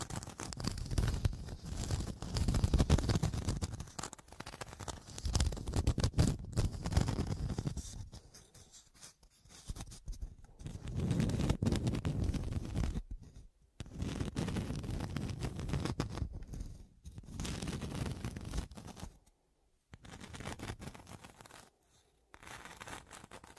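Scratching sounds come in bursts of rough, dense strokes, thick in the low end with a gritty top. The bursts run several seconds each, separated by short near-silent gaps around 8, 13, 19 and 23 seconds, with loudness rising and falling within each burst.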